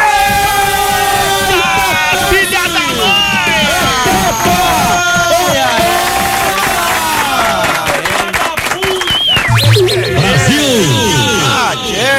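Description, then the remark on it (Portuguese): A loud auditorium audience, standing, cheers and shouts over steady clapping on the Brazilian show Pretinho Básico, many voices rising and falling together for about twelve seconds, with sharper bursts of applause near the end. “O auditório em pé, aplaudindo.”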